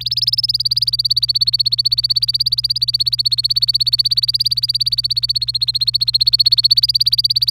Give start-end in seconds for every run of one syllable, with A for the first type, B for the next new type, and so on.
0.01-7.51 A